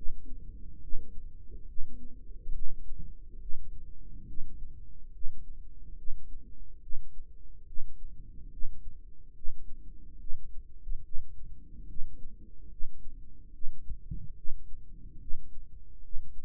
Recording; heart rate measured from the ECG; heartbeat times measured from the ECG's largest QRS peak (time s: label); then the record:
heart sounds by microphone in the right ear; 71 bpm
0.82 s: heartbeat
1.67 s: heartbeat
2.54 s: heartbeat
3.41 s: heartbeat
4.28 s: heartbeat
5.13 s: heartbeat
5.97 s: heartbeat
6.82 s: heartbeat
7.67 s: heartbeat
8.52 s: heartbeat
9.35 s: heartbeat
10.19 s: heartbeat
11.04 s: heartbeat
11.88 s: heartbeat
12.71 s: heartbeat
13.53 s: heartbeat
14.37 s: heartbeat
15.20 s: heartbeat
16.03 s: heartbeat
From the record:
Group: healthy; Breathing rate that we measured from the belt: 17 breaths a minute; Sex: male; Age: 55 years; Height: 167 cm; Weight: 57.2 kg